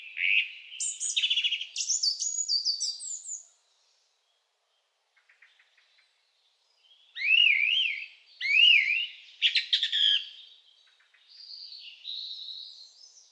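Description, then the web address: Bird singing varied phrases, first rapid trills and whistles, then a pause of several seconds, then rising and falling whistled notes and a quieter warble. Quiet birdsong meant as background sound for video editing. "zvuk s tiha pesen na ptici za fon montaz"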